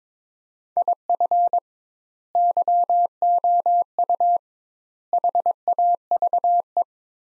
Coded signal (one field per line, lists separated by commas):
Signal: Morse code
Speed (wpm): 22 wpm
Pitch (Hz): 700 Hz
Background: none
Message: IF YOU HAVE